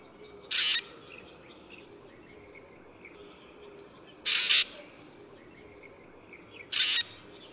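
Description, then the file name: Black drongo giving three harsh, scratchy bursts, each about a third of a second, spaced several seconds apart over a steady hiss of background noise. Recorded at Yushan. "大卷尾"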